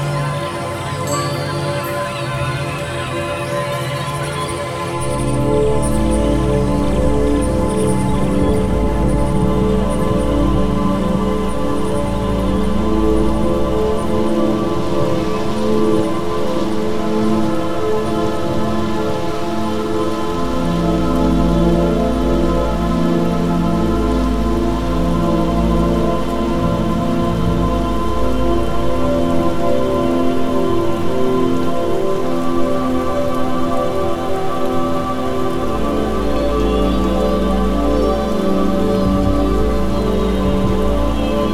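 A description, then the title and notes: Rainforest rain falls in a steady, dense patter of drops across the whole clip, with a low rumbling bed underneath that deepens after about five seconds. Sustained tones shift slowly above it, and the level stays even throughout. Immerse Yourself in the Tranquility of the Rainforest.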